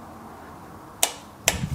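A click-type torque wrench set to about 80 tightens a bolt on the transmission of a Porsche Cayenne, in the oil pan or filter area. After a quiet stretch, two sharp clicks are heard at 1.0 s and 1.5 s as the wrench reaches its setting, with some low rumble following the second click. The bolt is torqued to spec.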